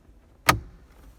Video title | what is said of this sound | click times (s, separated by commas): Nissan LEAF ZE1 Head Unit Removal (In One Take) | it clicks back into position | 0.5 s